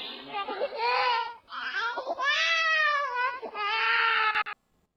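Three long, high-pitched wailing cries from a baby, each lasting over a second with brief catch-breaths between, strong and rising-falling in pitch. A typical vigorous infant cry with no hoarseness or weakness evident.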